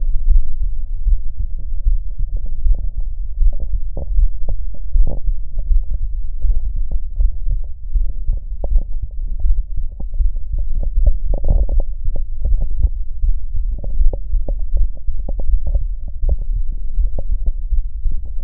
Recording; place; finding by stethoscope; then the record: heart sounds by stethoscope; mitral valve (MV); normal heart sounds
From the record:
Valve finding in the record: mitral regurgitation, grade 0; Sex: male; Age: 53 years